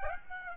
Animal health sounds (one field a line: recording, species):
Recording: mosquito wingbeat signal from an infrared sensor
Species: Aedes aegypti